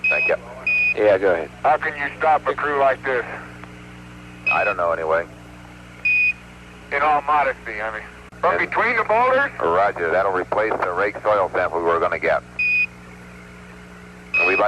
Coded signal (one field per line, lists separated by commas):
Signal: Quindar tones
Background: speech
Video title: Beep Beep Beep - NASAs recognition of objects entering and exiting frames Quindar Tones Moon TV